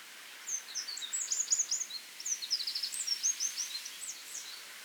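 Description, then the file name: Eurasian wren song: a continuous stream of quick, high, sharp notes and short trills, somewhat muffled against a steady hiss of background noise. "Troglodytes troglodytes"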